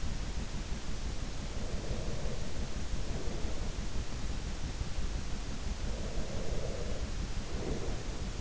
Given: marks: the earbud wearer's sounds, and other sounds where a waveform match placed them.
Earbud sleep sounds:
sounds in sleep by an in-ear microphone; breath
1.48-3.77 s: breath
5.82-8.41 s: breath

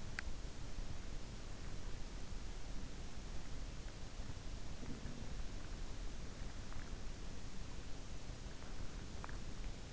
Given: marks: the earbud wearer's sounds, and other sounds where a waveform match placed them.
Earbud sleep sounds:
sounds in sleep by an in-ear microphone; teeth grinding
0.00-0.44 s: teeth grinding

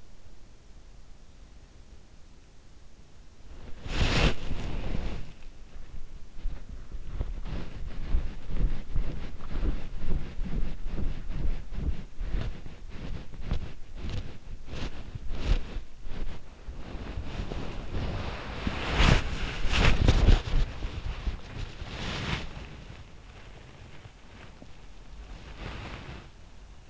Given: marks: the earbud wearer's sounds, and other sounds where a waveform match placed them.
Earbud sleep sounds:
sounds in sleep by an in-ear microphone; body movement
3.42-26.90 s: body movement

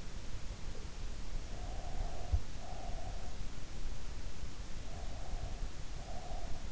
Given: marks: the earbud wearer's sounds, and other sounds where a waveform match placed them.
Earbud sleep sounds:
sounds in sleep by an in-ear microphone; breath
1.59-3.31 s: breath
4.83-6.67 s: breath

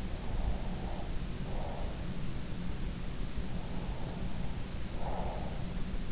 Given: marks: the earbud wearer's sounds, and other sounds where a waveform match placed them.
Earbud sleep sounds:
sounds in sleep by an in-ear microphone; breath
0.23-2.14 s: breath
3.61-5.65 s: breath

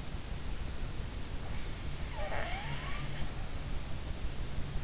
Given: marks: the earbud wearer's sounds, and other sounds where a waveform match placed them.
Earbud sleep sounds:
sounds in sleep by an in-ear microphone; snoring breath
2.05-3.44 s: snoring breath

